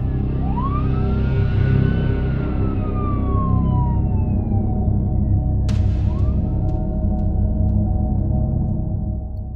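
A police siren wails in long, slow rising and falling sweeps over a steady low rumble of traffic, with a brief sharp burst of noise partway through.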